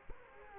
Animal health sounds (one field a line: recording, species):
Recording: mosquito wingbeat signal from an infrared sensor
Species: Culex quinquefasciatus